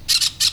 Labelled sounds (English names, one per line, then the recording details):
Brown-throated Parakeet contact call
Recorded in Venezuela
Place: Cerro Saroche, Hato Dalmatela, Edo. Lara
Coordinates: 10.149, -69.534